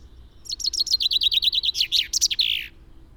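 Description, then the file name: Common chaffinch delivering one descending trill of sweet high notes capped by a short buzzy flourish. "Fringilla coelebs"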